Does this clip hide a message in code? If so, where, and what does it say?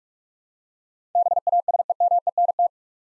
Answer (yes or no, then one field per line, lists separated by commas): yes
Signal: Morse code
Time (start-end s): 1.2-2.7 s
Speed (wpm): 44 wpm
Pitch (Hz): 700 Hz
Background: none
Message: BASEMENT